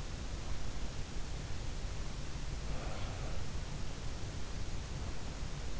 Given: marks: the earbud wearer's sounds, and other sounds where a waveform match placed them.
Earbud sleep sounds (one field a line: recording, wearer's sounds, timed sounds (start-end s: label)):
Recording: sounds in sleep by an in-ear microphone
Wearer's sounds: breath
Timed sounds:
2.65-3.53 s: breath